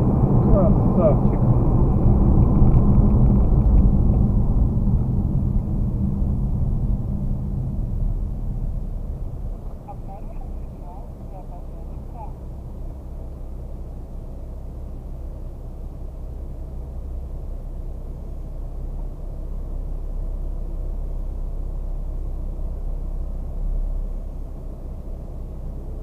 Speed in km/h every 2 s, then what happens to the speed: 64, 59, 40, 22, 12, 0, 0, 0, 0, 0, 0, 0, 0.
0-10 brakes to 0. 10-26 standing.